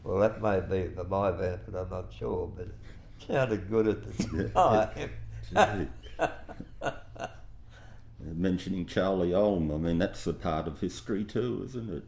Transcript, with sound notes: Well that may have been for my benefit, I’m not sure, but it sounded good at the time [laughs]
Mentioning Charlie Ulm I mean that’s a part of history too isn’t it…